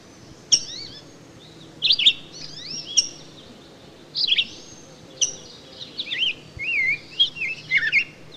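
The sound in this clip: Rose-breasted grosbeak song: a sharp high note, then a series of sweet, rising and falling warbled phrases with short pauses, running to the end.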